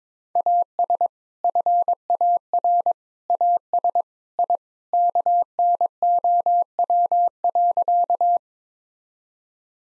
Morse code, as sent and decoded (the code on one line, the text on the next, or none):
.- ... / ..-. .- .-. / .- ... / .. / -.- -. --- .-- .-.-.-
AS FAR AS I KNOW.